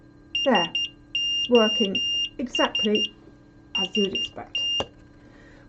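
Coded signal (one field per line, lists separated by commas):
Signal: Morse code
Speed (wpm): 12 wpm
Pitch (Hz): 2800 Hz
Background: speech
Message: SOS ST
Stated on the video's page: SOS sent in Morse code by an active buzzer driven by an Arduino Uno R4.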